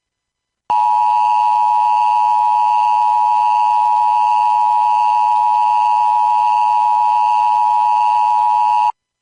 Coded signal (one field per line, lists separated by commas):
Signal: Emergency Alert System (SAME) tones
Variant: 853 and 960 Hz attention tone